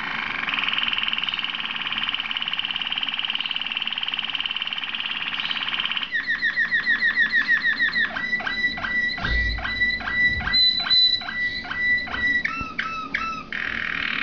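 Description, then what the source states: Waterslager canary song: a long steady buzzy tour, then rapid rolling trills and clear repeated whistled notes. Breed also called Malinois.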